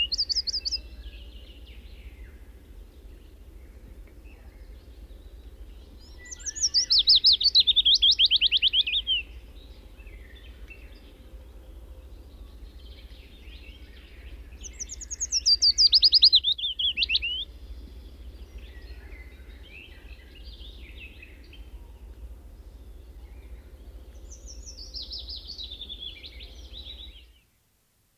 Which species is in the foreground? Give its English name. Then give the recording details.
Willow Warbler. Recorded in the wild. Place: Ummanz, Insel Rügen, Mecklenburg-Vorpommern, DE. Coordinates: 54.43, 13.18. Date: 1969-05-24. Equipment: Nagra III BH, Sennheiser MD 21, parabola. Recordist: Schubert, Michael. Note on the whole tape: Gesang Fitis ( ca. 5 - 11 Uhr)